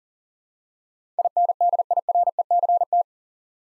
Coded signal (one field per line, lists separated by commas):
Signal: Morse code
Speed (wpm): 40 wpm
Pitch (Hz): 700 Hz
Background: none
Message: INDIRECT